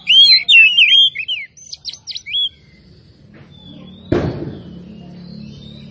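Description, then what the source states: Oriental magpie-robin song, a quick run of varied whistled and buzzy notes for about two seconds, then quiet with a single dull thump. Kacer from Tretes, described as gacor (singing vigorously).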